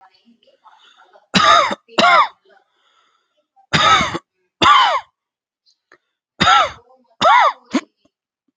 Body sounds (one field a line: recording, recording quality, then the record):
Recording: heavy voluntary cough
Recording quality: excellent, no background noise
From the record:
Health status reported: healthy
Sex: male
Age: 37 years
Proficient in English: yes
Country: India